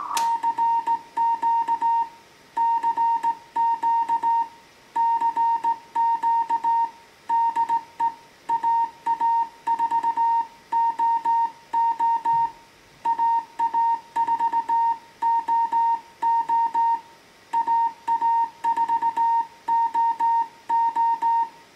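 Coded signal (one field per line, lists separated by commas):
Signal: Morse code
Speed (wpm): 16 wpm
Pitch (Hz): 920 Hz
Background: music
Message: CQ CQ CQ DE AA4OO AA4OO AA4OO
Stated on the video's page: Slow-speed CW contact sent with a straight key on a restored Heathkit HW-101 transceiver.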